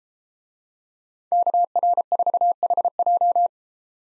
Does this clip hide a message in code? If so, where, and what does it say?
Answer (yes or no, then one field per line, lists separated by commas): yes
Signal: Morse code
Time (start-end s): 1.3-3.5 s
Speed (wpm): 33 wpm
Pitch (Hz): 700 Hz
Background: none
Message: KR4HJ